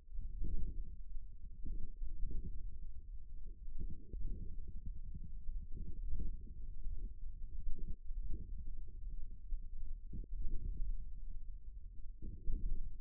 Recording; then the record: forearm muscle sounds (acoustic myography)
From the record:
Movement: thumb flexion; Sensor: system 1, eight BSWA MPA416 microphones around the upper forearm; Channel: 8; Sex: male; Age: 41 years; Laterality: right